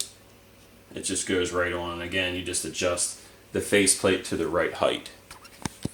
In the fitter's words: so once you get it snapped right in there it